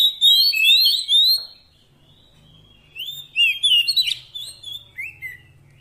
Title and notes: Kacer Jadi Gacor Siang Malam. Isian Kacer Durasi Panjang